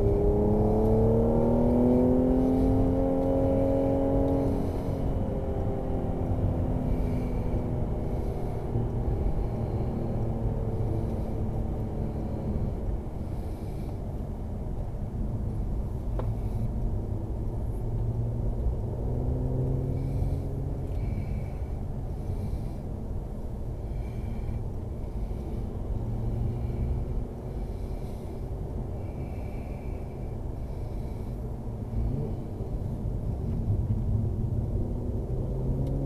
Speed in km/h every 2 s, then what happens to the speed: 82, 95, 95, 88, 82, 76, 76, 56, 55, 66, 67, 59, 56, 61, 61, 58, 44, 44.
0-2 speeds up to 95. 4-15 brakes to 55. 15-20 speeds up to 67. 20-23 brakes to 56. 23-29 steady at about 61. 29-32 brakes to 44.